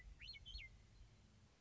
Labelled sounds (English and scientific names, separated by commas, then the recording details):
Western Meadowlark (Sturnella neglecta)
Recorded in Sonoma County, California